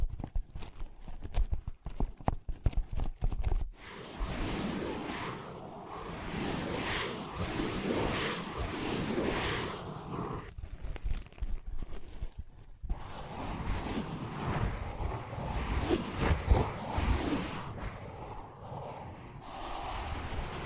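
Ear pads are tapped, scratched and traced. The first few seconds bring quick, sharp taps in uneven bursts. Then come dense, steady rubbing and scratching sweeps, broken by brief silences near 10 and 12.5 seconds, with scattered taps woven through.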